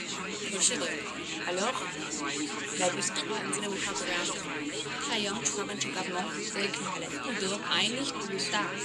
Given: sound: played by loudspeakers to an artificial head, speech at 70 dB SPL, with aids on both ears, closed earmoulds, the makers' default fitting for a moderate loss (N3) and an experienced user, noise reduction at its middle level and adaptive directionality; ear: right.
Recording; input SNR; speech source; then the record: speech test signal (ISTS) in cocktail-party noise; -6 dB; on the right (90 degrees)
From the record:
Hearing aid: class 2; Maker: E